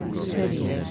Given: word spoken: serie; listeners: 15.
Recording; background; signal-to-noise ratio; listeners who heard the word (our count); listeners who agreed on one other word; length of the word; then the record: one Spanish word in noise, from a listening test; eight-talker babble; -1.3 dB; 4 of 15; 8 of 15; 0.51 s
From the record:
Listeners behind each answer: 8, 4, 1, 1, 1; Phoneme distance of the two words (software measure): 17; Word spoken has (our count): 2 syllables, 5 phonemes, stress on syllable 1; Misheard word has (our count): 2 syllables, 6 phonemes, stress on syllable 1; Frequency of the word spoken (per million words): 168.30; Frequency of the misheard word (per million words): 15.04